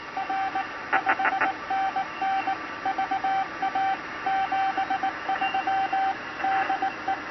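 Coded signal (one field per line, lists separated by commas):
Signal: Morse code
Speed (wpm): 19 wpm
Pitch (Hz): 770 Hz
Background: radio noise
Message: R 5NN VA 73 DE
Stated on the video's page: CW sent by an Arduino auto keyer wired in parallel with a straight key, used for calling CQ.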